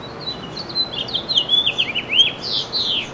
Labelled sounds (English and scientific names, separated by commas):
House Finch (Haemorhous mexicanus) song